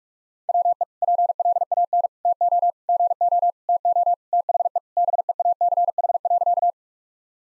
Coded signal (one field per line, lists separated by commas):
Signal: Morse code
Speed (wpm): 42 wpm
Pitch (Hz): 700 Hz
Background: none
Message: WE PLAN TO GO TO THE BEACH.